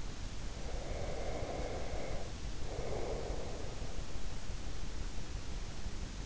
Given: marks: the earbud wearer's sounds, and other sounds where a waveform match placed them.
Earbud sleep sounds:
sounds in sleep by an in-ear microphone; breath
0.51-4.47 s: breath

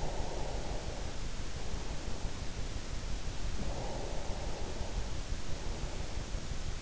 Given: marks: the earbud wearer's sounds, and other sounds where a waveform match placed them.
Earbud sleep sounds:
sounds in sleep by an in-ear microphone; breath
0.00-2.52 s: breath
3.42-6.72 s: breath

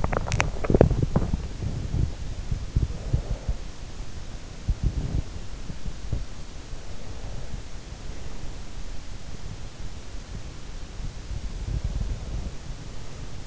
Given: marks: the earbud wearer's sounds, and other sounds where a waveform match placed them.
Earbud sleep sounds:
sounds in sleep by an in-ear microphone; body movement, breath
0.00-12.44 s: body movement
6.85-8.57 s: breath
11.49-13.47 s: breath

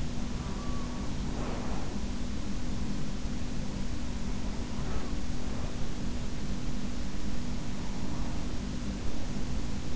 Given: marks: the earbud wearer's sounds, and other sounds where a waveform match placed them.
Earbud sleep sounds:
sounds in sleep by an in-ear microphone; breath
0.00-2.18 s: breath

